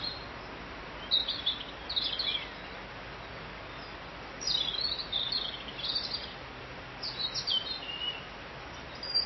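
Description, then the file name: Bird twittering: quick high chirping phrases in three main bursts, against steady hiss. "Vogel"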